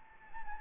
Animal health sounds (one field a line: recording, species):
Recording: mosquito wingbeat signal from an infrared sensor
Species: Anopheles gambiae